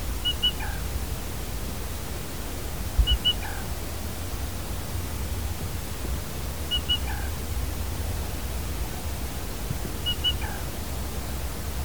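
Black rail giving four calls about three seconds apart, each two high notes and a lower third, over a low droning background.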